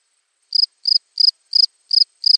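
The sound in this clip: Cricket chirping, six short pulsed chirps at a steady pace, each a quick cluster of bright high notes, spaced about every third of a second.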